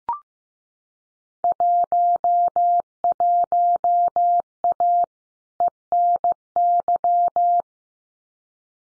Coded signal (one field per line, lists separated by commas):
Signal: Morse code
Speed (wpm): 15 wpm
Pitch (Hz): 700 Hz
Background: none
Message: 11A ENY